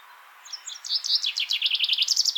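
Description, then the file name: Common chaffinch song: a bright, rattling trill of repeated notes that descends, ending in a short flourish. "Fringilla coelebs"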